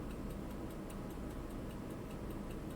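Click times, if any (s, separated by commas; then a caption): none. A cannon pinion is pressed onto the center arbor of a vintage 1879 Elgin convertible pocket watch movement, with a steady, regular ticking heard over a low, constant background hum. The clip ends just before the part goes home, so nothing has snapped into place yet.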